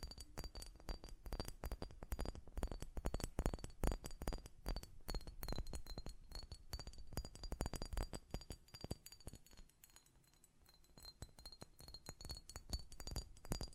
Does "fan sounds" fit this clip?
no